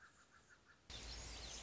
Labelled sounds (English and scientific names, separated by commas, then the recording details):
Anna's Hummingbird (Calypte anna)
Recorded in Sonoma County, California